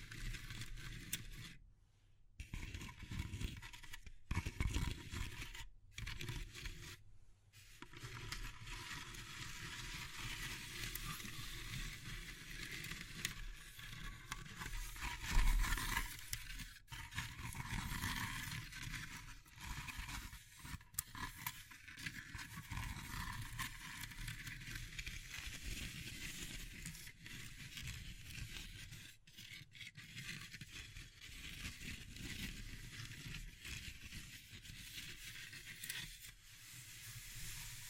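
Wood, bamboo and straw are handled in a dense, continuous rustle of scraping and crackling, rough and full from low to bright. Brief silent gaps break it early, near two, four, six and seven seconds, then small knocks and scratches carry on steadily to the end.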